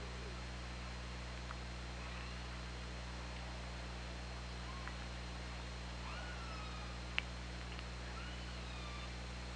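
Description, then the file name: Killer whale calls, scattered upswept and falling tonal cries with a few sharp clicks, over a constant low hum and hiss. OrcaLab hydrophone recording, 24 August 2017, 13:09. "Orca Lab UTLN JASON 20170824 130911"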